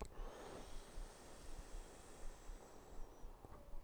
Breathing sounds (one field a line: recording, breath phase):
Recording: one breath near a microphone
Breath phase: inhalation